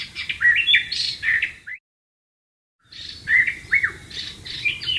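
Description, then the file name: White-rumped shama song, bright varied whistles and slurs, broken by about a second of silence, then resuming with more loud phrases. "suara burung murai batu di alam liar"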